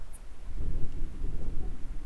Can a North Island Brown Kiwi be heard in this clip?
no